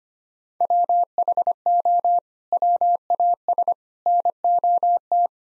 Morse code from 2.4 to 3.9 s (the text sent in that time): WAS